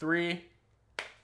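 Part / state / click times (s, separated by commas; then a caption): case corner onto smartphone / seated / 1.0 s. Someone talks as a corner of a TPU Moment camera case is pressed onto an iPhone 16 Pro Max. The corner snaps home with a single sharp click at 0.99 s, and the case is seated with a solid, tight fit.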